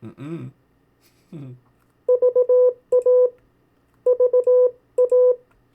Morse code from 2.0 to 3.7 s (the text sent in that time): VA